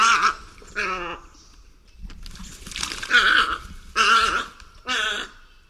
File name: Tricolored Heron